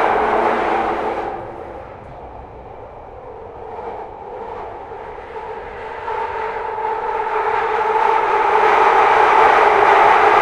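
An empty Underground train rumbles along with a steady, dense roar and a low droning tone running through it. The sound dips quieter and duller around two to four seconds, then gradually swells louder and brighter toward the end.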